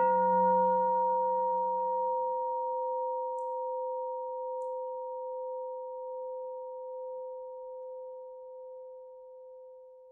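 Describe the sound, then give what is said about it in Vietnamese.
A single deep temple bell strike, the second bell of a Buddhist ceremony, rings out alone, its low hum fading within a few seconds while two clear higher tones sustain and slowly decay over ten seconds. “Nghe tiếng chuông thứ hai bằng tất cả tấm lòng chân thành cung kính hướng về chánh pháp ly dục vô thượng.”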